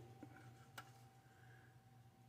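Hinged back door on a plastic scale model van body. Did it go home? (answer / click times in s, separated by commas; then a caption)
yes / 0.8 s. The hinged plastic back door of a 1970s-style custom scale model van is swung closed and snaps shut into place with a single sharp tick at 0.8 s over a quiet, steady background hum. The door is locked in place, though the van's doors are floppy.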